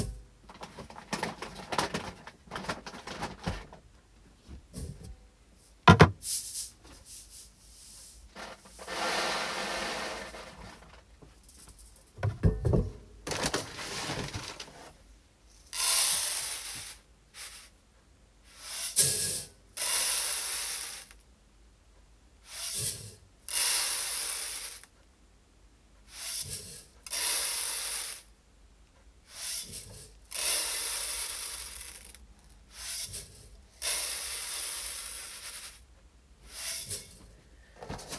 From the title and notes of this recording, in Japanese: 環境音 お米出荷準備(点検)。モミすり後のお米(玄米)を、選別機にかけ、モミの残りや草の実など最終を手作業でチェック。